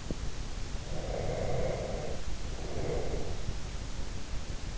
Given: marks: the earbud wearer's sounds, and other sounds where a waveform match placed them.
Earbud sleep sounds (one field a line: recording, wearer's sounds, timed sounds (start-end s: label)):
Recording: sounds in sleep by an in-ear microphone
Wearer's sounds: breath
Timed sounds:
0.84-3.60 s: breath